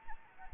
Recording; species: mosquito wingbeat signal from an infrared sensor; Anopheles arabiensis